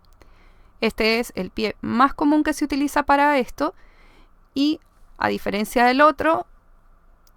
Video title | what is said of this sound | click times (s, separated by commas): instalar cierre en una sola capa de tela o como poner cremallera | se pone a presión Así que yo bajo mi prensa tela y con la palanquita ya queda enganchado | 0.2 s